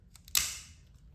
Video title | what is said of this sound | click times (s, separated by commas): $150 Leatherman Surge vs. $50 Multper Clone | but let's see if you can hear the uh like the Click | 0.4 s